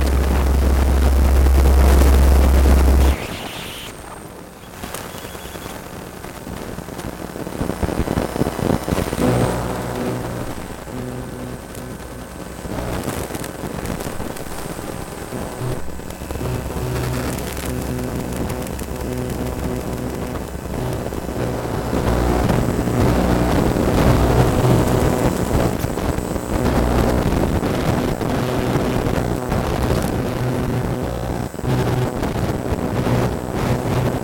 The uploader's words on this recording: CroMagnet Transducer picking up laptop keyboard frequencies.